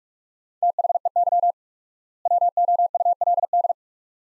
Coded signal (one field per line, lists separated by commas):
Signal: Morse code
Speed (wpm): 46 wpm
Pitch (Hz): 700 Hz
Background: none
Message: THEY WOULD